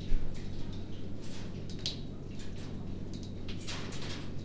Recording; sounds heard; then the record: poultry house recording; no chicken sound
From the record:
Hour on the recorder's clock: 20